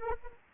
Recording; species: mosquito wingbeat signal from an infrared sensor; Anopheles arabiensis